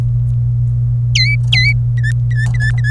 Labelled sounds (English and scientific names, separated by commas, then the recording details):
Domestic Canary (Serinus canaria) song
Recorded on 27 April 2018 at 15:26
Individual llb3